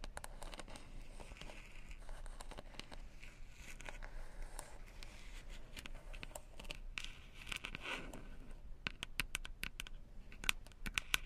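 Dry handling sounds of tapping and rolling, with a dense scratchy rustle for most of the stretch. Around eight seconds a rolling sweep rises and falls, then sharp crisp taps come in quick irregular bursts until the end, louder than before.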